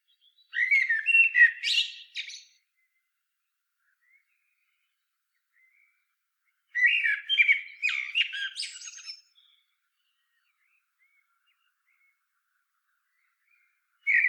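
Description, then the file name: Common blackbird song: two full phrases of mellow whistling ending in squeaky high twitters, several seconds apart, with a third phrase starting at the very end. "Turdus merula"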